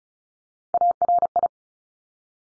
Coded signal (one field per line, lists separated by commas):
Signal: Morse code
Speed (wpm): 36 wpm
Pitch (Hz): 700 Hz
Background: none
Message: ARI